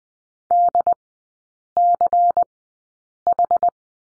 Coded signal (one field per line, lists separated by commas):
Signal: Morse code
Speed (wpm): 20 wpm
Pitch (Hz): 700 Hz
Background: none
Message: DCH